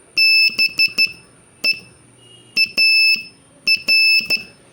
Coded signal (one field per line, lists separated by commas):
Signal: Morse code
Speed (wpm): 12 wpm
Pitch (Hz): 2650 Hz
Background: none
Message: BEAR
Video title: Morse Code Practice Session 7